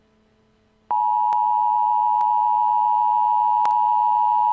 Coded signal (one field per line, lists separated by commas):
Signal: Emergency Alert System (SAME) tones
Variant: 853 and 960 Hz attention tone